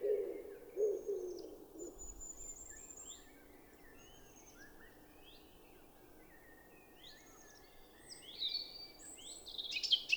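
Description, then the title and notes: Eurasian blackcap song: varied, melodious warbled phrases, sparse midway and richer near the end, with low cooing from a wood pigeon in the opening two seconds. Recorded 10 April 2020 at Champs des Blas, Val Maravel, after the dawn chorus; melodious song; wood pigeon cooing behind; distant car rumble from road over 5 km away; Nagra LB, stereo omni MKH20. "Fauvette à tête noire (Sylvia atricapilla). Champs des Blas - Val Maravel"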